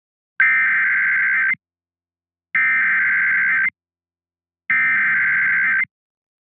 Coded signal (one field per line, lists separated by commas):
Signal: Emergency Alert System (SAME) tones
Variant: header bursts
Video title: Severe Thunderstorm Warning (EAS 141)